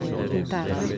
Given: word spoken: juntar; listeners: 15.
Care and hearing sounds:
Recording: one Spanish word in noise, from a listening test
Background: eight-talker babble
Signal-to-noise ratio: -2.5 dB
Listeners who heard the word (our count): 0 of 15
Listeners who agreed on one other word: 6 of 15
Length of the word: 0.58 s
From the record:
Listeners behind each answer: 6, 5, 1, 1, 1, 1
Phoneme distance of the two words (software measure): 20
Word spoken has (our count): 2 syllables, 6 phonemes, stress on syllable 2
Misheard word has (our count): 2 syllables, 6 phonemes, stress on syllable 2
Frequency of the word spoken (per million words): 3.70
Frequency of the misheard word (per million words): 12.38

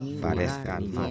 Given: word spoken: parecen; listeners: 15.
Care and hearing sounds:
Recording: one Spanish word in noise, from a listening test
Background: four-talker babble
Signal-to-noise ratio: -0.6 dB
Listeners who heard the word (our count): 0 of 15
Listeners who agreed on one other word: 7 of 15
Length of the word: 0.71 s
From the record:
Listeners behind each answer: 7, 5, 1, 1, 1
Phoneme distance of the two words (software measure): 24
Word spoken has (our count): 3 syllables, 7 phonemes, stress on syllable 2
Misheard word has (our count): 3 syllables, 7 phonemes, stress on syllable 2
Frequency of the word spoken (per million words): 61.25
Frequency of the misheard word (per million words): 14.47

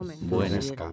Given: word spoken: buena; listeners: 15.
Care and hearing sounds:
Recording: one Spanish word in noise, from a listening test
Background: four-talker babble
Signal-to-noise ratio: 0.3 dB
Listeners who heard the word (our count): 4 of 15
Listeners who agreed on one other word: 8 of 15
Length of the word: 0.53 s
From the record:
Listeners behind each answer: 8, 4, 1, 1, 1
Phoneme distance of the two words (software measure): 7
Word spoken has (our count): 2 syllables, 5 phonemes, stress on syllable 1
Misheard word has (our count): 2 syllables, 6 phonemes, stress on syllable 1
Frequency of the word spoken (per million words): 221.28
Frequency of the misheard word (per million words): 63.63

